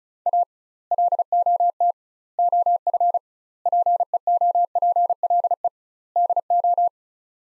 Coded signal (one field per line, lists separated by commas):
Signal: Morse code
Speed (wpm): 36 wpm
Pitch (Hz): 700 Hz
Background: none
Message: A LOT OF PEOPLE DO